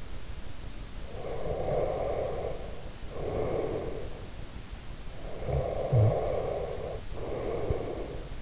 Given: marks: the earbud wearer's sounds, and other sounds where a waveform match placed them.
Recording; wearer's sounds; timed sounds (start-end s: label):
sounds in sleep by an in-ear microphone; breath, snoring breath
1.08-4.22 s: breath
5.25-8.42 s: snoring breath